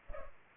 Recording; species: mosquito wingbeat signal from an infrared sensor; Culex pipiens